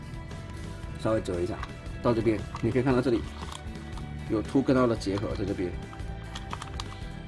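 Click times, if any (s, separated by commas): 6.5 s, 6.8 s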